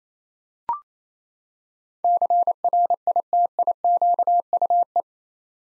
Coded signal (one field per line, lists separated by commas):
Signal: Morse code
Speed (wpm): 28 wpm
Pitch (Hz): 700 Hz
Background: none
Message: CRITIQUE